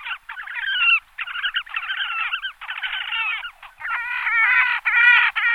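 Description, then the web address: Horned grebe trilling: harsh, buzzy chattering bursts in quick succession, some broken by short pauses, with squealing overtones throughout. "Uzbek hayvonlar. Podiceps auritus"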